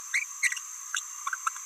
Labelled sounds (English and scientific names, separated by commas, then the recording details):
Green-rumped Parrotlet (Forpus passerinus) babbling
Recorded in a nest box in Venezuela
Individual 18B17A3